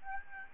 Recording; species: mosquito wingbeat signal from an infrared sensor; Aedes albopictus